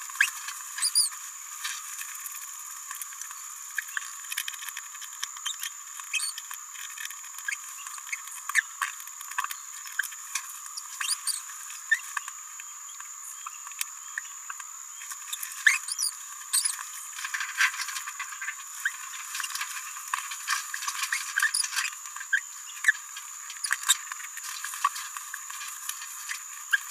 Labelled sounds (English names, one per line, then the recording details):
Green-rumped Parrotlet babbling
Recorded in a nest box in Venezuela
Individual 18B17A4